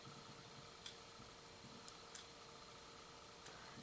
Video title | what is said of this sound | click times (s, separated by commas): Raspberry Pi Hardware Setup | here's a little click there so click | 1.9 s, 2.2 s